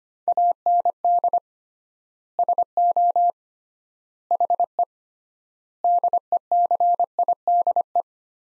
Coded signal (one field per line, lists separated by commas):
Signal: Morse code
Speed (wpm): 25 wpm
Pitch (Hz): 700 Hz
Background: none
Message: AND SO HE DECIDE